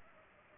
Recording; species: mosquito wingbeat signal from an infrared sensor; Culex pipiens